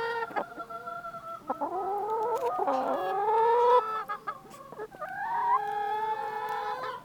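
Chicken clucking, a run of drawn-out harmonic clucks and rising squawks, some short sharp notes between them, fairly steady throughout.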